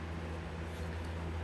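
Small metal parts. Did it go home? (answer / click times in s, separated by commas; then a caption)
no / none. The handle halves of a CRKT Homefront take-down folding knife are pushed together while the retaining screw is tightened during reassembly. Only a steady low hum and broadband noise are heard, with no distinct clicks. Nothing has seated or locked into place yet.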